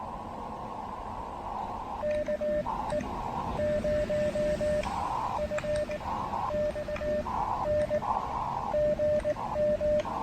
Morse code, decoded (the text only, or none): KE0FXN GM